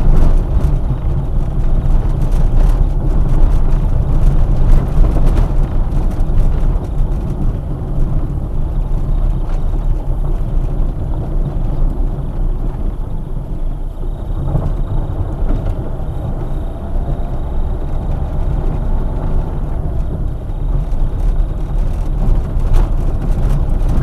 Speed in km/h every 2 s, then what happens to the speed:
21, 21, 20, 15, 13, 12, 9, 15, 19, 18, 20, 21.
4-11 slows to 9. 11-16 speeds up to 19. 16-24 steady at about 19.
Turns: 7-13.